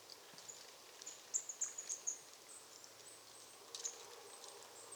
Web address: SETE data Poecile palustris